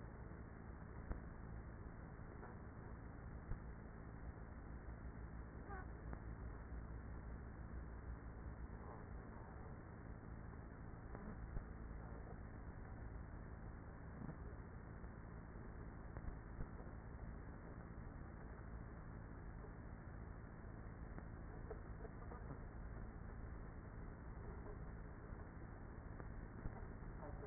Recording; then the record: honeybee colony, microphone inside the hive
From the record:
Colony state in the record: queenless with a low population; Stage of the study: after two queens were removed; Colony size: about 30,000 bees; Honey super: no